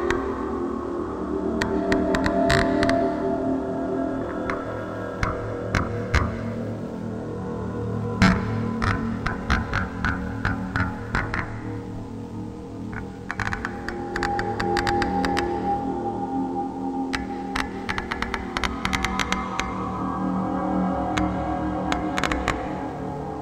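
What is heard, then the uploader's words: A thick, steady wash of low, humming noise with a throbbing undertone runs through the whole clip. Over it come bursts of sharp clicks and clunks in clusters, around 2, 5, 8 to 11, 13 to 16, and 17 to 21 seconds. Installation audio created by colin recording a VHS player in operation, mixing things up and adding a few bangers here & there.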